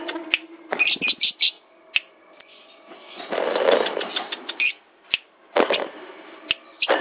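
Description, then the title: Lovebird chattering, quick chirps and buzzy trills in uneven bursts, with a rustling noisy stretch in the middle and sharp clicks. Song of a national champion contest lovebird. "Kicau Burung LoveBird - Suara LoveBird Juara Nasional"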